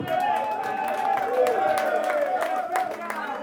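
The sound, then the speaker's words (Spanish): An audience at a live event claps steadily for a few seconds for the merchandise stand worker, a dense patter of hand claps mixed with cheering and raised voices throughout. “De ahí el nombre, un aplauso.”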